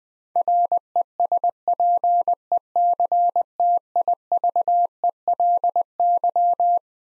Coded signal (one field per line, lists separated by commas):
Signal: Morse code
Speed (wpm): 20 wpm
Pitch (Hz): 700 Hz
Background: none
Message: RESPECTIVELY